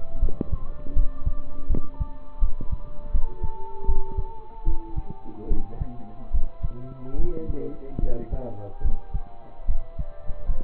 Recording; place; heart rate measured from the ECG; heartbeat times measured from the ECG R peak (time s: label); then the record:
heart sounds by stethoscope; between the tricuspid and mitral areas; 76 bpm
0.20 s: heartbeat
0.93 s: heartbeat
1.67 s: heartbeat
2.39 s: heartbeat
3.11 s: heartbeat
3.86 s: heartbeat
4.64 s: heartbeat
5.48 s: heartbeat
6.31 s: heartbeat
7.16 s: heartbeat
8.00 s: heartbeat
8.82 s: heartbeat
9.66 s: heartbeat
10.46 s: heartbeat
From the record:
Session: rest, lying down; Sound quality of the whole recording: partially saturated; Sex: male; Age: 27 years